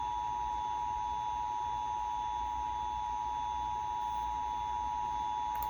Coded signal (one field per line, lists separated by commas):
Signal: Emergency Alert System (SAME) tones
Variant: 853 and 960 Hz attention tone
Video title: Alerts of the Week: S1 Ep 7: Week of 9/27/21 (Old EAS 374-397)